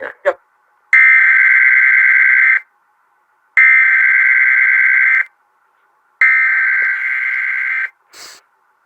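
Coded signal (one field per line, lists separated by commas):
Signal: Emergency Alert System (SAME) tones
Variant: header bursts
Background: speech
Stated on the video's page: Michigan AMBER Alert received on a TV station's digital broadcast.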